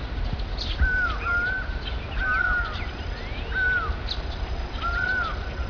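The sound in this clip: Crow calls: four short, arched, clear notes, spaced about one and a half seconds apart, over a low steady rumble with faint other bird notes.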